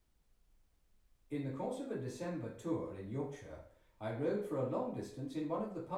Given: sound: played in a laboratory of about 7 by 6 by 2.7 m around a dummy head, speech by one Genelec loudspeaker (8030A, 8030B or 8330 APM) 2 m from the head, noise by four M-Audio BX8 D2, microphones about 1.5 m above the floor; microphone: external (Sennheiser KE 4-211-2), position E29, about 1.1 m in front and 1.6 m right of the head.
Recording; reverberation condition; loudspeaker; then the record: male speech in English; medium; 60 degrees to the left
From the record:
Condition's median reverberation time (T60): about 510 ms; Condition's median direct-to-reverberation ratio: about -0.5 dB